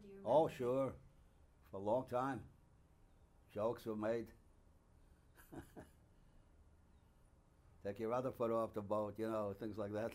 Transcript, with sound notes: Oh, sure, for a long time. Jokes were (he laughs) "Take your other foot off the boat," you know, things like that